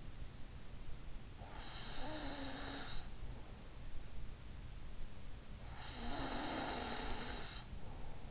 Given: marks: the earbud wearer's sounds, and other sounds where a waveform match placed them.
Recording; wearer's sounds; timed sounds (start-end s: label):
sounds in sleep by an in-ear microphone; snoring breath
1.29-3.32 s: snoring breath
5.59-8.31 s: snoring breath